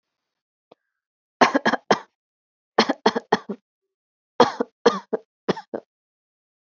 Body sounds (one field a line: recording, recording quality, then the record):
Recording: shallow voluntary cough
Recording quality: excellent, no background noise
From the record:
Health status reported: healthy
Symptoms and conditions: none ticked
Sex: female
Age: 36 years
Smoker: not ticked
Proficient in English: yes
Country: India